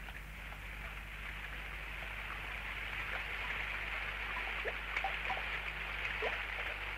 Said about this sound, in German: Es regnet jetzt schon 3 Tage lang ununterbrochen.